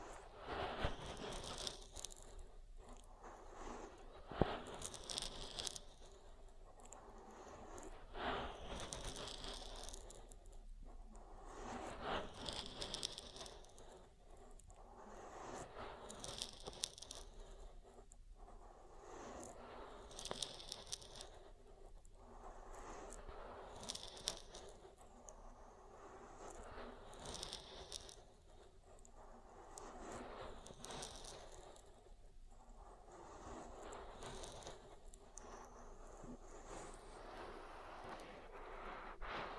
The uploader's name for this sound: Oil Ear Massage